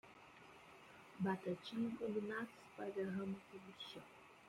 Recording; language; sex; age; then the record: short text; Brazilian Portuguese; female; 30 to 39 years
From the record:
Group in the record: control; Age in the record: 35 years